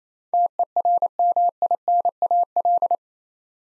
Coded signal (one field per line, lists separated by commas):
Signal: Morse code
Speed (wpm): 28 wpm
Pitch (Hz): 700 Hz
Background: none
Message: TERMINAL